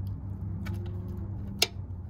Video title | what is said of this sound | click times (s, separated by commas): How to Locate and Replace Flex Fuel Sensor on 99-00 3.0 Ford Rangers | so i wouldn't recommend taking the plastic off you could just push down and hear a click | 1.6 s